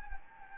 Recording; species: mosquito wingbeat signal from an infrared sensor; Anopheles gambiae